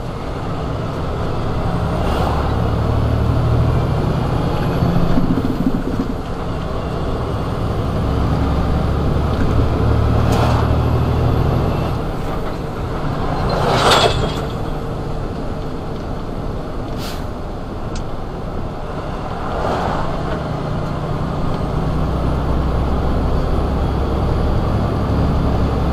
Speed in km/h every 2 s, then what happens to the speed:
26, 27, 32, 34, 37, 40, 44, 45, 44, 44, 45, 47, 50.
0-11 speeds up to 44. 11-21 steady at about 44.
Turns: none.